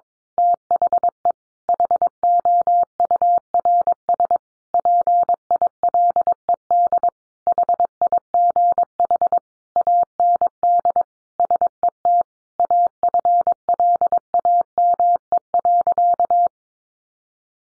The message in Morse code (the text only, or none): THE HOURS PILED HIGH AND SET AFLAME.